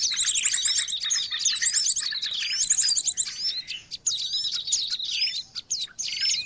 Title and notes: Master Burung Ribut Durasi Panjang. Burung Ribut Pikat